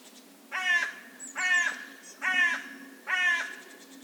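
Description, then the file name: Carrion crow calling with four loud, raspy caws spaced about a second apart; a thin, high bird chirp sounds briefly between them. "Corvus corone"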